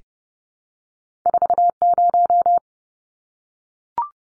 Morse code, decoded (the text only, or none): 40